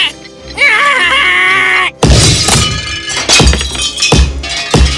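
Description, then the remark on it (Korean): A clockmaker's marvellous clock is deliberately smashed before a king's court: it shatters with a loud, bright crash after a sustained wavering tone, followed by several jangling impacts and clattering pieces over the next few seconds. “시계는 부서지는 그 순간마저 너무나 아름다워 보였어요.”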